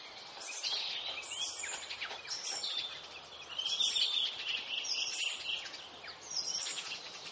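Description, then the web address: Birds chirping and twittering together in a busy chorus of overlapping high notes over a steady background hiss. Rural ambience with birds. "Partners In Rhyme Birds Rural Ambience"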